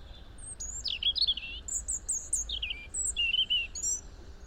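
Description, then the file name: European robin singing, varied thin high phrases with descending slurs and brief trills, one after another with short gaps. "Erithacus rubecula"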